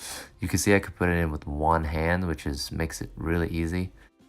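A plastic/foam massage head attachment is pushed one-handed into the socket of a Theragun G3PRO percussive massage gun while someone talks over background music. Nothing has seated or clicked yet.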